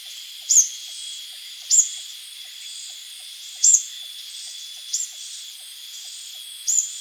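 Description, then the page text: Plain sunbird calling with five short, piercing high notes at irregular intervals of roughly one to two seconds, against a constant high hum. "Plain Sunbird Calls. Quick Sounds library"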